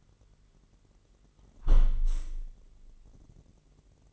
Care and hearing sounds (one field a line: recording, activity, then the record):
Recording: daily activity, microphone in the room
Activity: close window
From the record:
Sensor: 4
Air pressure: 999.3 hPa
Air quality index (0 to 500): 118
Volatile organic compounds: 2 ppm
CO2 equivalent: 1170 ppm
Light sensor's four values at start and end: 16/39/16/18 and 16/39/16/18